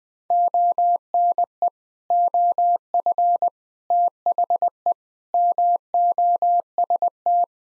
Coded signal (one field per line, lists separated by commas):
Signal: Morse code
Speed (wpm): 20 wpm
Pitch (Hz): 700 Hz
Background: none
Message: ONE OF THE MOST